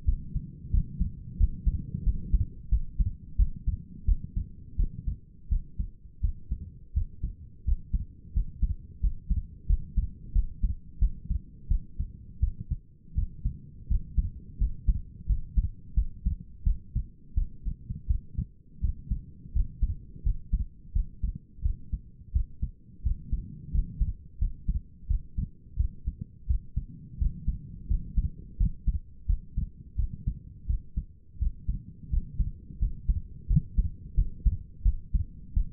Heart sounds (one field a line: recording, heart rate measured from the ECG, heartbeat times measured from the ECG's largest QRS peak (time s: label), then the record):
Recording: heart sounds by stethoscope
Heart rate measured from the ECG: 86 bpm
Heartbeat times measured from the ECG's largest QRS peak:
0.06 s: heartbeat
0.72 s: heartbeat
1.38 s: heartbeat
2.04 s: heartbeat
2.70 s: heartbeat
3.37 s: heartbeat
4.06 s: heartbeat
4.77 s: heartbeat
5.49 s: heartbeat
6.22 s: heartbeat
6.94 s: heartbeat
7.65 s: heartbeat
8.34 s: heartbeat
9.01 s: heartbeat
9.67 s: heartbeat
10.33 s: heartbeat
10.99 s: heartbeat
11.69 s: heartbeat
12.40 s: heartbeat
13.15 s: heartbeat
13.88 s: heartbeat
14.58 s: heartbeat
15.27 s: heartbeat
15.95 s: heartbeat
16.64 s: heartbeat
17.35 s: heartbeat
18.07 s: heartbeat
18.81 s: heartbeat
19.53 s: heartbeat
20.23 s: heartbeat
20.93 s: heartbeat
21.63 s: heartbeat
22.33 s: heartbeat
23.03 s: heartbeat
23.72 s: heartbeat
24.39 s: heartbeat
25.08 s: heartbeat
25.77 s: heartbeat
26.47 s: heartbeat
27.18 s: heartbeat
27.88 s: heartbeat
28.58 s: heartbeat
29.27 s: heartbeat
29.96 s: heartbeat
30.67 s: heartbeat
31.39 s: heartbeat
32.10 s: heartbeat
32.79 s: heartbeat
33.47 s: heartbeat
34.15 s: heartbeat
34.83 s: heartbeat
35.54 s: heartbeat
From the record:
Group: healthy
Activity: rest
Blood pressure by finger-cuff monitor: 126/78 mmHg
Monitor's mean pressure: 93 mmHg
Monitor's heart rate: 86 bpm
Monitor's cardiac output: 6.3 L/min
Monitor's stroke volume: 73 mL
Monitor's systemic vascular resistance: 1080 dyn s/cm5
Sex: female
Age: 37 years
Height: 168 cm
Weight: 70 kg